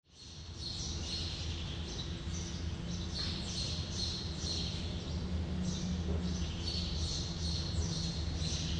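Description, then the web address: Birds chirping in quick high bursts, several calls a second and uneven, over a steady low machine hum and rumble. Birds chirping inside an airline hangar, with a distant plane and worker movement in the background. "ambience airline hanger distant plane worker movement birds chirp"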